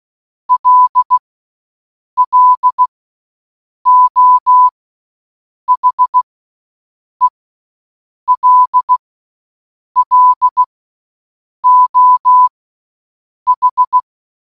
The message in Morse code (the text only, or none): L L O H E L L O H